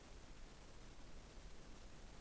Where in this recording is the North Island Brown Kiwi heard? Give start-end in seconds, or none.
none